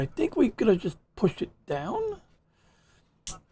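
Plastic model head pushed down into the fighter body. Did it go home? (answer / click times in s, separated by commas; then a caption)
yes / 3.3 s. Someone talks while the head of a plastic Gundam Core Fighter model kit is pushed down into the fighter body during transformation. At 3.3 s it ratchets into position with a single loud, ugly click, and the head is seated.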